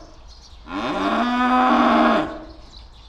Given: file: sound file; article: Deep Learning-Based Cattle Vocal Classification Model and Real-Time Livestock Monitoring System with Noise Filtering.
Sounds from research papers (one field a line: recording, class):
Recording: cattle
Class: estrus call